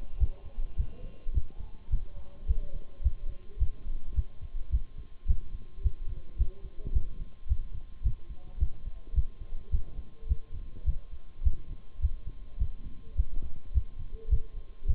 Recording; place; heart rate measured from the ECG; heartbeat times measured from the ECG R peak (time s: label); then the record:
heart sounds by stethoscope; between the tricuspid and mitral areas; 106 bpm
0.20 s: heartbeat
0.77 s: heartbeat
1.34 s: heartbeat
1.91 s: heartbeat
2.47 s: heartbeat
3.03 s: heartbeat
3.59 s: heartbeat
4.15 s: heartbeat
4.71 s: heartbeat
5.27 s: heartbeat
5.83 s: heartbeat
6.38 s: heartbeat
6.94 s: heartbeat
7.48 s: heartbeat
8.04 s: heartbeat
8.60 s: heartbeat
9.15 s: heartbeat
9.72 s: heartbeat
10.28 s: heartbeat
10.86 s: heartbeat
11.44 s: heartbeat
12.01 s: heartbeat
12.59 s: heartbeat
13.17 s: heartbeat
13.74 s: heartbeat
14.31 s: heartbeat
From the record:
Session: Bruce protocol treadmill stress test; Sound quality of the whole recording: partially saturated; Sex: male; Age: 23 years